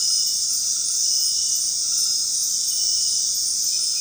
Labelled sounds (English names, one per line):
none